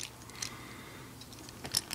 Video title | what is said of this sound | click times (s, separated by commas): (FR)Transformers Reveil The Shield: Wreck-Gar | Comme si les foutus deux bras veulent vraiment pas se clipser ensemble. | none